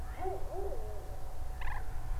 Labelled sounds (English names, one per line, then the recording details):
Common Moorhen
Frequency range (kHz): Common Moorhen 0.7-4.7 kHz
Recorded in France